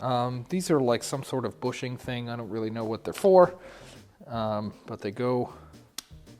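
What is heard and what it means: A cleaned plastic "daisy" bushing is pressed into its seat in the transmission housing of a 1957 VW Beetle while someone talks. It snaps home with a single short tick at 6.0 s and is seated.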